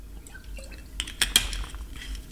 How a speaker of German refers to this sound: Muss mal einen Schluck Wasser trinken.